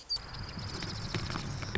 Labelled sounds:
Marsh Wren
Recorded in Sonoma County, California

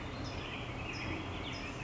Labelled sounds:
California Towhee
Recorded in Sonoma County, California

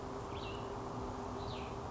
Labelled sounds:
Cassin's Vireo
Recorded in Sonoma County, California

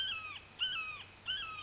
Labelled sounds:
Red-shouldered Hawk
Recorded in Sonoma County, California

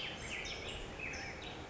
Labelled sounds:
California Towhee
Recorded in Sonoma County, California

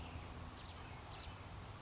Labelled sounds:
California Towhee
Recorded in Sonoma County, California

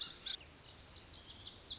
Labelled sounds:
Lazuli Bunting
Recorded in Sonoma County, California

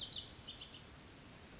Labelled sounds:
Pacific Wren
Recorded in Sonoma County, California

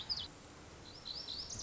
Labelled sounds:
Lazuli Bunting
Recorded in Sonoma County, California

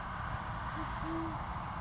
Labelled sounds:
Band-tailed Pigeon
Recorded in Sonoma County, California

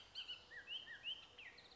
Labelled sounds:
Bullock's Oriole
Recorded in Sonoma County, California

